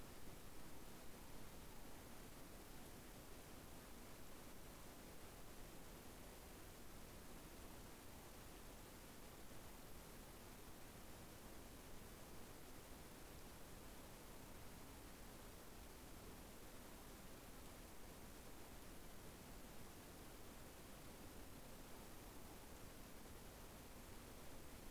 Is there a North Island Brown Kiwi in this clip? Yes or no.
no